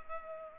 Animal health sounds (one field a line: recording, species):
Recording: mosquito wingbeat signal from an infrared sensor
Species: Culex pipiens